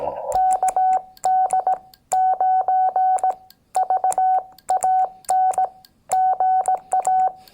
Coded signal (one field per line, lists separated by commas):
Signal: Morse code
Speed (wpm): 18 wpm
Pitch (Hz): 750 Hz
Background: none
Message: KD9VAN GA